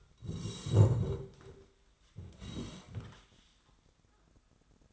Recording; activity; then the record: daily activity, microphone in the room; sit down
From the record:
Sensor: 3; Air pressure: 1012.2 hPa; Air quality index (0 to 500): 174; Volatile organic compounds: 3 ppm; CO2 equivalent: 1340 ppm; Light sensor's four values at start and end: 56/144/63/67 and 100/228/107/122